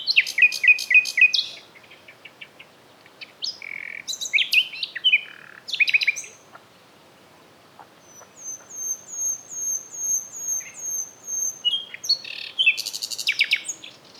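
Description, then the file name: Common nightingale song: loud repeated note groups, whistled slurs, then a series of thin high descending notes, followed by rhythmic pulsed phrases and a rich trill. "Luscinia megarhynchos"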